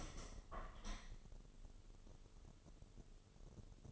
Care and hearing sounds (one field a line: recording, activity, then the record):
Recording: daily activity, microphone in the room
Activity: open window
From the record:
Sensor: 4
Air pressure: 1015.8 hPa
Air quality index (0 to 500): 82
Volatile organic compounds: 1 ppm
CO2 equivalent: 916 ppm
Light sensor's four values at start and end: 9/20/8/7 and 9/20/8/7